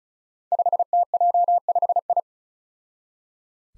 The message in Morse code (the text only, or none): 5TJ5I